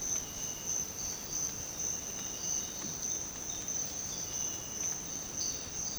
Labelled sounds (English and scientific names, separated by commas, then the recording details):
none
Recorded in dense forest near Puerto Asís, Putumayo, Colombia, on 12 March 2025 at 06:00
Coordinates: 0.486, -76.317
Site G053